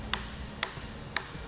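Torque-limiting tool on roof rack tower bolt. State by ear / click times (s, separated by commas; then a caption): torque reached / 0.1 s, 0.6 s, 1.2 s. The included torque-limiting tool tightens a roof rack tower bolt on a Yakima RidgeLine roof rack for flush rails on a 2015 Subaru Forester, giving three sharp, bright clicks at 0.1, 0.6 and 1.2 seconds over a low background hum. The three clicks show the bolt is properly torqued.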